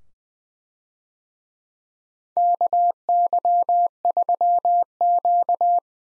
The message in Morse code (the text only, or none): KY3Q